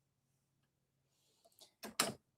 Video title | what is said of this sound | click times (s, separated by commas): CNA Live Class 6 – Transfers, Feeding, Intake & Output & Peri-Care (May 13, 2026) 🦽🍽️ | It snaps in place. | 2.0 s